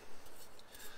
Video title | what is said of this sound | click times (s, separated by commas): Build the Terminator - Parts 95 & 96 - Connecting the Left Knee & the 1st Toe 🦾🦿 | you see that click there just hold that for a second and then i'll do the other one | 0.6 s